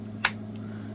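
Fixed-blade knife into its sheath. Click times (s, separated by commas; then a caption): 0.2 s. A TOPS B.O.B. Fieldcraft fixed-blade knife in 154CM steel is pushed into its sheath and snaps home with a single sharp, bright click at 0.3 s over a steady low hum. The knife is seated firmly, with a positive click and good retention.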